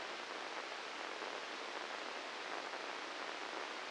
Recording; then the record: brain microelectrode recording played as sound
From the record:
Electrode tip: inside the subthalamic nucleus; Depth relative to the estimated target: -2 mm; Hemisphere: right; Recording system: NeuroSet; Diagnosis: Parkinson's disease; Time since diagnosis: 13 years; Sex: male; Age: 66 years